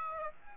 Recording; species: mosquito wingbeat signal from an infrared sensor; Aedes aegypti